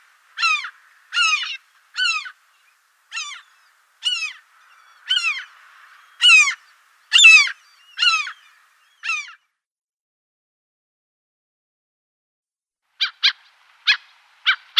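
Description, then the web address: Common gull giving a long run of shrill cries about once a second, a pause, then several shorter, quicker notes. "Schulze Peter Common Gull"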